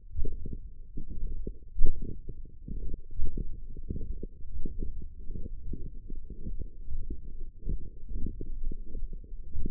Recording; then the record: forearm muscle sounds (acoustic myography)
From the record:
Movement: forearm supination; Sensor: system 1, eight BSWA MPA416 microphones around the upper forearm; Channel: 6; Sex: male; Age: 21 years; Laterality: right